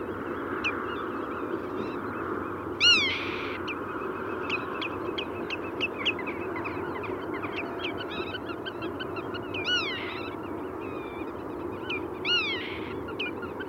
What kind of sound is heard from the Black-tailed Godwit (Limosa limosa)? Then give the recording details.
call. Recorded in the wild. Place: Amsterdam, Noord-Holland, NL. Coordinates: 52.368, 4.904. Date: 1990-05-14 20:18. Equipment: Nagra III BH, Sennheiser MD 21, parabola. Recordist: Schubert, Michael